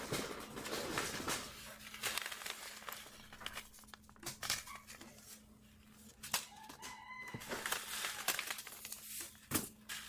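Packets of seeds are being sorted, with papery rustles and sharp crinkles arriving in irregular bursts throughout, busiest at the start and again around seven and nine seconds. A low, steady hum runs underneath, and a brief chirping call rises near seven seconds.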